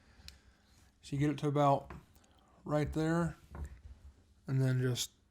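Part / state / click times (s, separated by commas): multi-tool handle locking into its closed or open position / not seated / none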